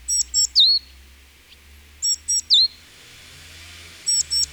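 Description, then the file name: Great tit calling in short bright triplets, each ending in a downward-swooping note, given roughly every two seconds. "Parus major"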